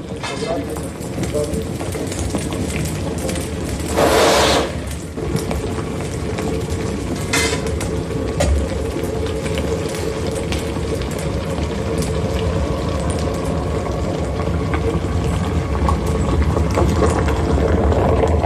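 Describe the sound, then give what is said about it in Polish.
Molten bell metal bubbles and gurgles in a steady, dense roar as it strikes pipes and pours into waiting molds during the casting of a bell, with a sharp surge of hissing early on and another brief hiss shortly after. “Płonąca masa z bulgotem odbija się o rury, zanim wleje się z sykiem w czekające nań gotowe formy.”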